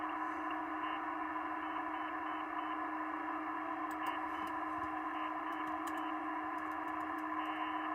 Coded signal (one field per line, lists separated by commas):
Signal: PSK31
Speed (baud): 31.25 baud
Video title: Digital Mode Revival - PSK31!!!